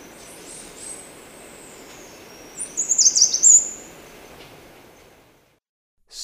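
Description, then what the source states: Choco Vireo song: a short run of high, rapid, sputtering notes lasting about a second, with faint thin notes before. Recorded in Ecuador.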